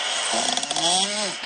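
Over the steady hiss of a white noise machine playing ocean sounds, a fluttering, rattling onset turns into a drawn-out whining tone that slides slightly in pitch over about one second. This is a loud, tonal, moaning snore from a soundly sleeping adult woman at home, sounding like a dying animal.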